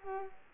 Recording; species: mosquito wingbeat signal from an infrared sensor; Culex quinquefasciatus